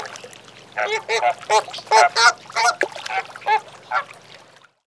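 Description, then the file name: Flamingo calls, loud nasal honks in a rapid uneven run of about a dozen notes, over a low background hum. "flamant"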